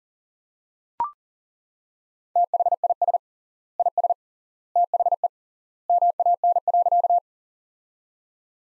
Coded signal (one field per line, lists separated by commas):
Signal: Morse code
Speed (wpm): 40 wpm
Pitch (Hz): 700 Hz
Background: none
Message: THIS IS THE MAN.